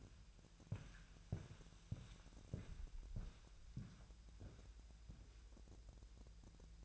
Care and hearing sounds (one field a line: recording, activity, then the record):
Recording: daily activity, microphone in the room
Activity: walk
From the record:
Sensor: 2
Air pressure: 1002.0 hPa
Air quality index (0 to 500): 229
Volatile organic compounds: 57 ppm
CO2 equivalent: 3384 ppm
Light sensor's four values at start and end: 7/16/6/7 and 6/15/6/7